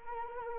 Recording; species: mosquito wingbeat signal from an infrared sensor; Anopheles arabiensis